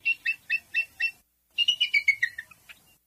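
Bald eagle calling: a row of five quick high chirps, a short pause, then a fast descending series of squeaky piping notes that trail off.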